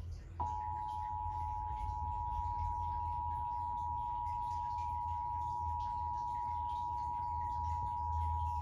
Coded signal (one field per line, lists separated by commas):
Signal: Emergency Alert System (SAME) tones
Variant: 853 and 960 Hz attention tone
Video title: When VDEM Forgets the RMT Message…EAS Tests From May 2, 2022